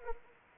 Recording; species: mosquito wingbeat signal from an infrared sensor; Anopheles arabiensis